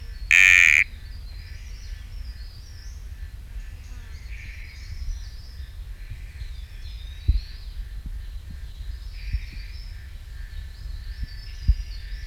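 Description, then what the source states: Sticky frog voice: a single loud buzz right at the start, then faint high chirps and a few soft clicks. Recorded at Camp IV; genus Kalophrynus, species not identified.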